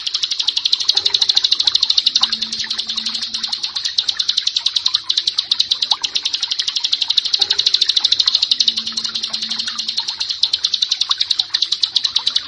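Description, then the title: Bar-winged prinia song: a long, fast, high ticking trill running almost without a break, with brief faint low hums in the background. "Ciblek Sawah 1"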